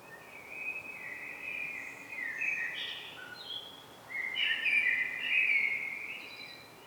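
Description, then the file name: Common blackbird singing almost continuously: mellow warbling phrases that run together, the second half louder and richer, over a light hissing background. "Turdus merula"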